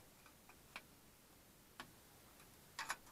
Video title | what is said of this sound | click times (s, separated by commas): how to replace capacitors in your computer monitor part 2 | unsnap this and | 0.8 s, 1.8 s, 2.8 s, 2.9 s